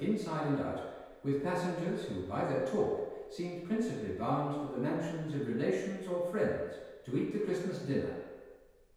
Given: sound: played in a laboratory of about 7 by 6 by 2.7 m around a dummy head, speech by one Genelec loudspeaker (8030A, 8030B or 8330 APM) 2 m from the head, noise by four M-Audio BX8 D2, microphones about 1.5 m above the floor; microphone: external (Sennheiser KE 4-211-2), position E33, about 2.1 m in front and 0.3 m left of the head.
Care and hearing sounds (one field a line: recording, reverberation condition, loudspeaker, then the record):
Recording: male speech in English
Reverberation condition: high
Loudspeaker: 120 degrees to the right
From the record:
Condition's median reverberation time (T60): about 1300 ms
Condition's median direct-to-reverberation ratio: about -4.0 dB